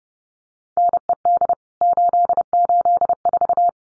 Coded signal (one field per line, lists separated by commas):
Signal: Morse code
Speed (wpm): 30 wpm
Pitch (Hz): 700 Hz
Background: none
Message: NED 884